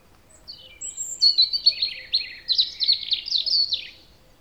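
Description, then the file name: European robin song: a thin, high, tumbling phrase of sharp notes and short trills, rising and falling in quick succession over a quiet background. "Erithacus rubecula"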